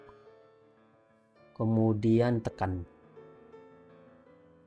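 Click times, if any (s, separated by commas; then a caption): none. The memory slot lock is opened and a DDR4 RAM stick is lined up with the motherboard DIMM slot, ready to be pressed down. Soft background music plays throughout while someone talks briefly in the middle of the clip. Nothing has seated or clicked yet.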